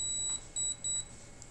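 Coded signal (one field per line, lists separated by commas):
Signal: beep code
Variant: Nu Skin Galvanic Spa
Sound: high electronic beeps: one longer beep followed by two quick short beeps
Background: quiet room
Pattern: 1 long, 2 short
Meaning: The treatment is finished and the current has stopped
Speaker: and you'll know it's done when there's three to one long beep and two short beeps and then I know that the electric current is done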